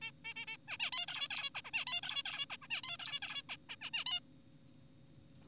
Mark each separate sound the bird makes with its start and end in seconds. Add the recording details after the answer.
0.02-0.12, 0.25-0.34, 0.36-0.46, 0.47-0.57, 0.68-0.78, 0.80-0.91, 0.93-1.06, 1.08-1.28, 1.31-1.50, 1.55-1.61, 1.65-1.71, 1.74-1.85, 1.87-2.01, 2.03-2.23, 2.25-2.46, 2.50-2.57, 2.62-2.67, 2.71-2.81, 2.83-2.97, 3.00-3.19, 3.22-3.43, 3.50-3.57, 3.69-3.76, 3.81-3.90, 3.94-4.04, 4.06-4.20. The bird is an adult. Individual g4p5U